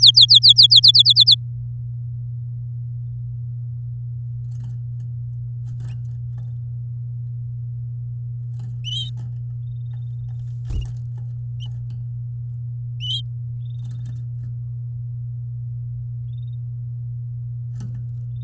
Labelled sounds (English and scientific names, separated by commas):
Domestic Canary (Serinus canaria) song